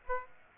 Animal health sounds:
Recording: mosquito wingbeat signal from an infrared sensor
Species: Aedes aegypti

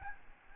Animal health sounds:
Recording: mosquito wingbeat signal from an infrared sensor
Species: Aedes albopictus

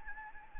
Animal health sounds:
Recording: mosquito wingbeat signal from an infrared sensor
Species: Anopheles gambiae

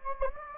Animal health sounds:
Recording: mosquito wingbeat signal from an infrared sensor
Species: Anopheles gambiae

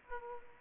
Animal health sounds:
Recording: mosquito wingbeat signal from an infrared sensor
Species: Aedes aegypti

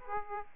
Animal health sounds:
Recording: mosquito wingbeat signal from an infrared sensor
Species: Aedes aegypti

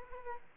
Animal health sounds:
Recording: mosquito wingbeat signal from an infrared sensor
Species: Aedes aegypti

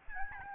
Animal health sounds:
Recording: mosquito wingbeat signal from an infrared sensor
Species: Aedes albopictus

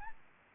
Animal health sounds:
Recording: mosquito wingbeat signal from an infrared sensor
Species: Aedes albopictus

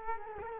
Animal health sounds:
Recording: mosquito wingbeat signal from an infrared sensor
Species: Culex quinquefasciatus

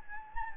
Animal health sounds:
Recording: mosquito wingbeat signal from an infrared sensor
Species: Anopheles gambiae

